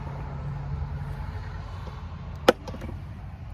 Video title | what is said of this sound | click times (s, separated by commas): Building a Moultrie Deer automatic feeder (but not for deer) | Well, I thought this bolted on, but all it does is slide up on there and then twists till it locks in place. | 2.5 s